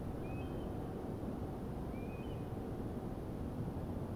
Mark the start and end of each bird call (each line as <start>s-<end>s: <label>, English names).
0.22s-0.67s: Eurasian Stone-curlew
1.92s-2.36s: Eurasian Stone-curlew